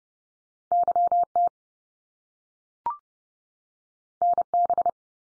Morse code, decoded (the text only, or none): YT NB